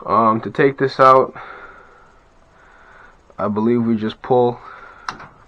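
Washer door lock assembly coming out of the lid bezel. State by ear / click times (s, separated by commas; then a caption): released / 5.1 s. Someone talks while pulling the old door lock assembly out of the plastic bezel on a Speed Queen top-load washer lid, replacing it with door lock kit 205222 because the screws stripped out of the bezel. A single sharp hit at 5.1 s marks the lock assembly releasing from its mount.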